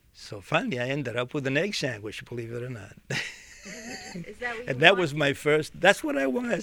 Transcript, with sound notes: So finally I ended up with an egg sandwich, believe it or not. ( he laughs )
Is that what you...
And that was my first. That's what I wanted.